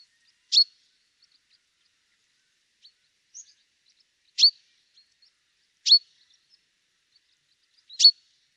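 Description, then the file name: Common chaffinch repeating brief, sharp high call notes at irregular intervals of about one and a half to four seconds, with a few faint soft ticks between them. "Fringilla coelebs"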